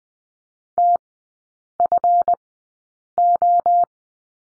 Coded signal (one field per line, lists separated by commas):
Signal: Morse code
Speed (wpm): 20 wpm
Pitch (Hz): 700 Hz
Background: none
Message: TFO